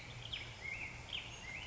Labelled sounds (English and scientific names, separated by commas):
Black-headed Grosbeak (Pheucticus melanocephalus)